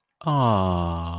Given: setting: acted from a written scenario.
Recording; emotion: vocal sound without words; adoration